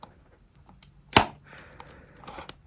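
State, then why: Seated. The fluorescent-light piece of a toy police motorcycle is lined up in the right direction and pushed into its plastic box until it snaps. A loud, sharp snap at 1.2 s shows it has seated, with faint small ticks and handling noise before and after.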